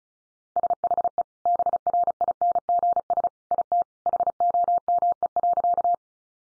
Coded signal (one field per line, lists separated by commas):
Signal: Morse code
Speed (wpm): 34 wpm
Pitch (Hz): 700 Hz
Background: none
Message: SHE BRINGS IT HOME.